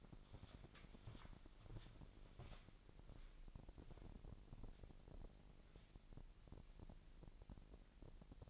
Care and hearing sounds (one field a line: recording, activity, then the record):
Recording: daily activity, microphone in the room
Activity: walk to room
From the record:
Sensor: 5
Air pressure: 1002.1 hPa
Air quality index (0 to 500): 249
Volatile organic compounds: 8 ppm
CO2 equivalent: 2089 ppm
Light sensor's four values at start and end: 26/59/24/26 and 26/61/25/26